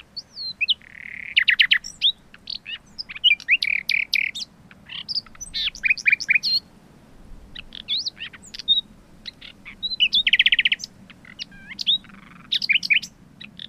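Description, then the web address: Common nightingale song: varied bursts of rapid rattling trills, sharp chirps and slurred whistles, broken by short pauses, over a steady low hum. "agykontroll Madardalok Cd 2. Fülemüle"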